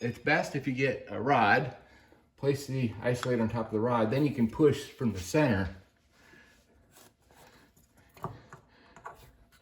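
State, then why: Seated. Someone talks while a rubber/plastic rear coil spring isolator for a Mustang's rear suspension, being fixed for a clunky noise, is set on top of a rod and pushed down from the center into the spring seat. After the talking stops, quiet handling noises lead to sharp clicks at 8.2 s and 9.1 s as the isolator snaps into the spring seat and stays in place.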